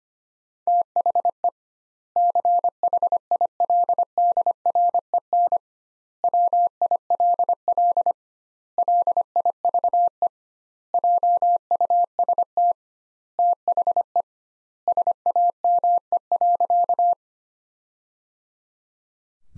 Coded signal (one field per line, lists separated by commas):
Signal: Morse code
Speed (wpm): 25 wpm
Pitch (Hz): 700 Hz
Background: none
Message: THE CHILDREN WILL LIVE JUST THE SAME.